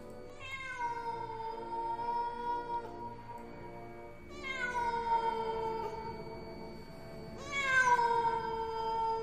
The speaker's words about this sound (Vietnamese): Những con mèo hoang, nó bắt đầu đi lang thang trong nghĩa địa, kêu lên những tiếng thảm não, nghe đến giận cả người.